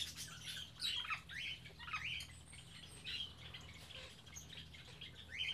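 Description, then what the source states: Birds chattering busily with repeated high squawky chirps and sliding notes, many overlapping callers throughout, over a low continuous hum. Birds kept in an aviary on Spetses.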